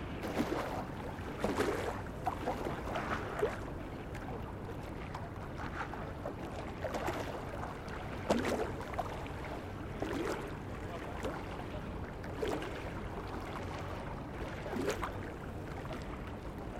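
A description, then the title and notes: River waves slap against stone steps in a steady, uneven rhythm, with splashes every second or two, some sharper, others softer. A constant low rumble of moving water and boat or city noise runs underneath throughout. Spree waves from stairs under Paul-Löbe-Haus opposite to Marie-Elisabeth-Lüders-Haus. Location: Berlin, Germany.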